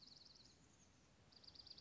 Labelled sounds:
Dark-eyed Junco
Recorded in Sonoma County, California

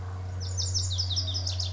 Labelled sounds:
Lazuli Bunting
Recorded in Sonoma County, California

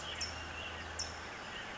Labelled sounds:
California Towhee
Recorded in Sonoma County, California

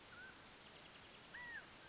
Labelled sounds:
Mountain Quail
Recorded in Sonoma County, California

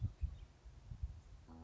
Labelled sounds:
Western Meadowlark
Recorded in Sonoma County, California

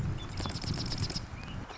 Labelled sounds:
Marsh Wren
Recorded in Sonoma County, California

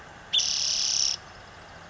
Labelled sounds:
Spotted Towhee
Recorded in Sonoma County, California

